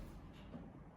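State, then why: Not seated. A metal drawer slide rail is carefully aligned and set into its rail mount on a car-bed platform, with a low, steady rumbling background and one faint hit. Nothing has seated or clicked yet; the rail is handled but not yet home.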